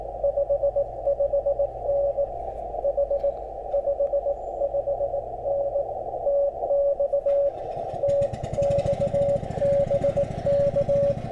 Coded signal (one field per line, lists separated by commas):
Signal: Morse code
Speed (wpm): 18 wpm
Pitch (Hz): 560 Hz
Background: music, radio noise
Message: 55N H 55N TX TX BK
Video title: Rolling with the punches: QRP CW POTA fun at US-3787 #qrp #cw #parksontheair #hamradio